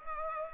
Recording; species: mosquito wingbeat signal from an infrared sensor; Culex pipiens